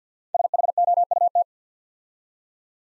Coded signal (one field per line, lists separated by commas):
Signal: Morse code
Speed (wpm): 48 wpm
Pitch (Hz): 700 Hz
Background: none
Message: SHOUT